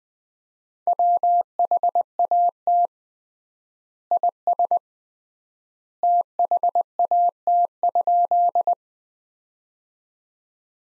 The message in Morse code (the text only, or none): WHAT IS THAT?